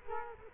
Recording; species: mosquito wingbeat signal from an infrared sensor; Culex quinquefasciatus